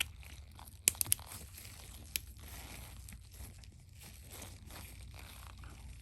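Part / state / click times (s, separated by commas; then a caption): plastic piece of a car key fob going back onto the fob body / seated / 0.9 s. The plastic shell piece of a 2012-2014 Toyota Camry SE key fob is pressed back onto the fob body after its coin battery has been replaced. It snaps into place with a sharp, loud click at 0.9 s, followed by smaller clicks around 1.0 and 1.1 s and another at 2.2 s over quiet crinkly handling noise. The shell piece is seated.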